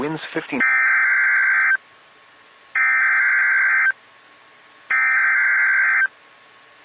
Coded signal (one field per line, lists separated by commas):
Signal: Emergency Alert System (SAME) tones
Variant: header bursts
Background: speech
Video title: Xtreme Mayhem 6...EAS Alerts From March 18, 2021 (EAS #888-904)